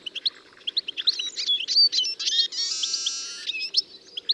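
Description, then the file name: European goldfinch twitter: quick, bright chirps run together into a chattering phrase with a brief buzzy, rattling section in the middle. "Carduelis carduelis"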